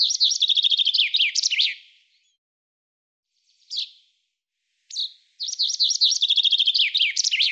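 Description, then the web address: Common chaffinch song: a fast, high trill of repeated notes ending in a short flourish, then two brief separate notes and the trilled phrase again. "Deverinetal 2025 File cleaned normalized Bird Fr Co"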